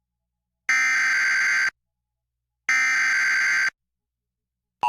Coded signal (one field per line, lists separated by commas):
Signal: Emergency Alert System (SAME) tones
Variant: header bursts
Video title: EAS Scenario: East Coast Tsunami of 2022